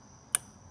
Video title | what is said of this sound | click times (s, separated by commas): Replacing Spark Plugs On J Series 3.5 V6 Honda (2008 - 2017) Save Money & Save Time | Hear that click? That's when I undid that | 0.3 s